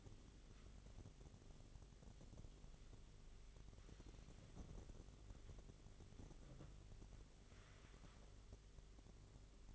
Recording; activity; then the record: daily activity, microphone in the room; wipe stove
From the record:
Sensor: 4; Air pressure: 1004.0 hPa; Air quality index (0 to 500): 156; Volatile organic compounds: 2 ppm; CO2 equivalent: 1115 ppm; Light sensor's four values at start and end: 13/31/13/14 and 13/30/13/13